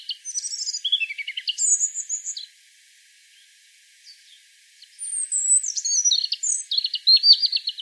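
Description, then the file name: European robin with two separate song phrases: high, tinkling trills and slurred whistles, a silent gap of about two seconds, then another bright, varied phrase. "Erithacus rubecula"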